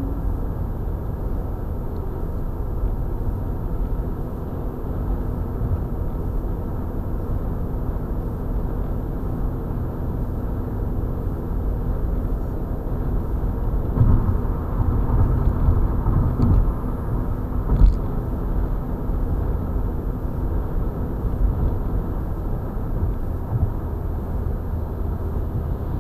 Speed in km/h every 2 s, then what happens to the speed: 98, 97, 96, 97, 97, 98, 98, 98, 98, 97, 97, 97, 92.
0-26 steady at about 97.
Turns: none.